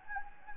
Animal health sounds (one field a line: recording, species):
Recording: mosquito wingbeat signal from an infrared sensor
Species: Anopheles gambiae